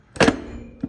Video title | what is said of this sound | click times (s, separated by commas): Manual transmission installation made easy. | Pops right in every time. | 0.2 s